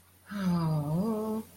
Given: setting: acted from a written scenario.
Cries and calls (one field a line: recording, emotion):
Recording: vocal sound without words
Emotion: embarrassment